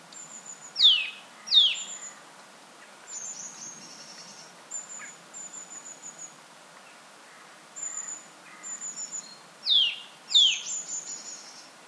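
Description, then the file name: Eurasian nuthatch calls: loud, sharply descending notes given in pairs near the start and again near the end, with faint, very high, thin notes between them. "Sitta europaea"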